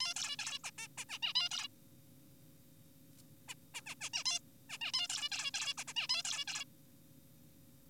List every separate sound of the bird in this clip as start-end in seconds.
0.01-0.14, 0.17-0.36, 0.39-0.58, 0.64-0.71, 0.78-0.88, 0.98-1.05, 1.09-1.19, 1.23-1.33, 1.35-1.49, 1.51-1.68, 3.48-3.54, 3.75-3.81, 3.87-3.95, 4.01-4.09, 4.14-4.24, 4.26-4.39, 4.70-4.78, 4.81-4.92, 4.94-5.08, 5.10-5.29, 5.32-5.51, 5.54-5.74, 5.78-5.84, 5.88-5.93, 5.96-6.07, 6.09-6.22, 6.25-6.45, 6.48-6.64